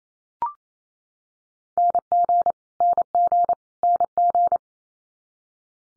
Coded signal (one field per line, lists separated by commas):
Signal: Morse code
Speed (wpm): 28 wpm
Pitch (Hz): 700 Hz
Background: none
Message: NG NG NG